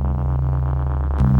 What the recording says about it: I had this tinnitus, this ringing in the ears. A constant note, just like a blaring horn in my head. Those sounds were unshakable. There wasn't any way to turn them down. They never went away.